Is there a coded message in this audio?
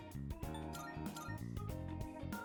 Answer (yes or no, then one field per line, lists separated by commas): no